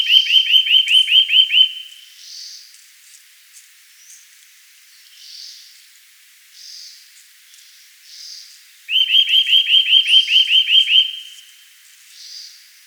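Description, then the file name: Eurasian nuthatch calls: a fast run of about ten sharp notes, repeated after a pause of several seconds, with softer scattered notes between runs. "Sitta europaea"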